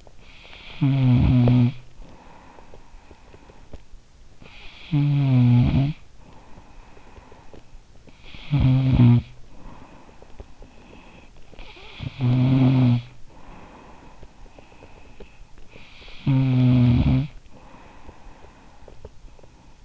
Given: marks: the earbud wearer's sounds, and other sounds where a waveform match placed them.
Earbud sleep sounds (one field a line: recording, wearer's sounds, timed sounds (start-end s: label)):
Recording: sounds in sleep by an in-ear microphone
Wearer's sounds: snoring breath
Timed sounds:
0.37-15.89 s: snoring breath
15.92-19.85 s: snoring breath